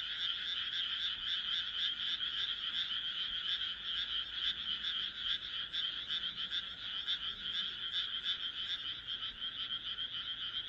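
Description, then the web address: Frogs calling together in a continuous pulsed chorus, fast rattling croaks running without pause. "kaeru kaeru"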